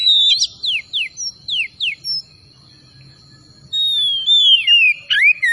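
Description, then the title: Oriental magpie-robin song: a quick series of downward-slurred whistles, a pause, then a long descending whistled phrase with trailing notes. Singing vigorously (gacor); bird labelled Tretes. "Kacer Tretes"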